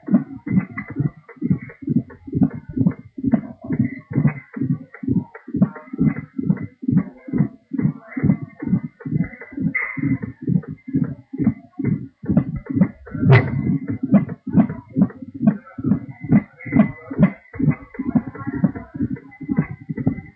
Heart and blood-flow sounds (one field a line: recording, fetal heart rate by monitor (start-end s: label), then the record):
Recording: fetal heart sounds by stethoscope on the mother's abdomen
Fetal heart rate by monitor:
0.00-10.00 s: 138 bpm
10.00-20.00 s: 136 bpm
From the record:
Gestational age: 32 weeks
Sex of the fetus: twin girls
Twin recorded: right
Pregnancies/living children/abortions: 1/0/0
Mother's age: 20 years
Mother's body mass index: 25.0